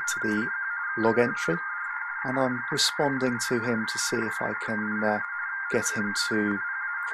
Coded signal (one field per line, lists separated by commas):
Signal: RTTY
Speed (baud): 45.45 baud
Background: speech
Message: CQ CQ DE HG3IPA HG3IPA HG3IPA